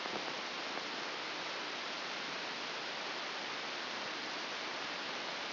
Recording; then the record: brain microelectrode recording played as sound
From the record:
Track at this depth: inside the subthalamic nucleus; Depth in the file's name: 2.1 mm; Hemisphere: left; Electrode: 2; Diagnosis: Parkinson's disease